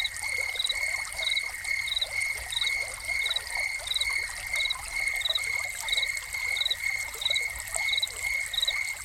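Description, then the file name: Cricket chirping in a steady pulse, joined by trickling water throughout. Crickets heard together with a fountain, presented as a soundscape. "Crickets and Fountain"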